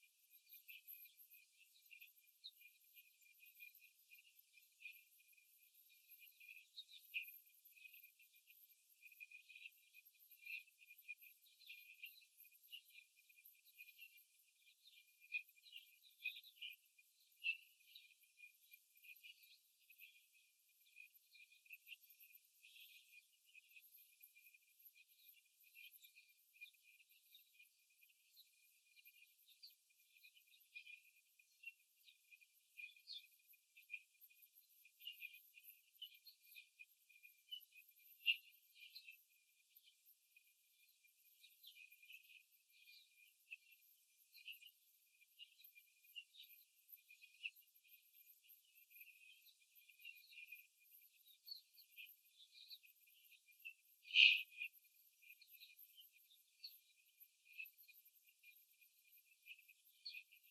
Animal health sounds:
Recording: young laying hens in a cage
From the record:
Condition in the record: after the stressor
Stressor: simulated dog barking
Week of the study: 3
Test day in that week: 2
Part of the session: 3

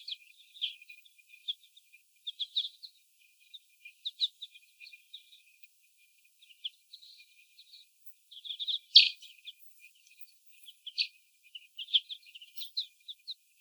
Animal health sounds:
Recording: young laying hens in a cage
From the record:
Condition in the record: before the stressor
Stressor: sudden umbrella opening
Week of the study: 1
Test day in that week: 1

